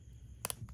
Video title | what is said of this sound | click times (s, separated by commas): HOW TO CHANGE THE BATERY ON ANY VINTAGE CASIO! | See it click there. | 0.4 s